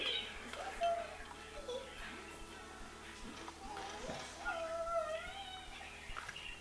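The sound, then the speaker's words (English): An unhappy cat lets out a few drawn-out, wavering meows, fairly faint and high-pitched, with soft rustling and handling noises underneath. “He doesn't get happy when, or he's not happy when you do that, eh? Oh, sorry, kitty.”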